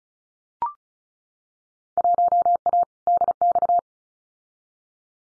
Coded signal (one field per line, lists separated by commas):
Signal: Morse code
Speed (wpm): 36 wpm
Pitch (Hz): 700 Hz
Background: none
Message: 1A DX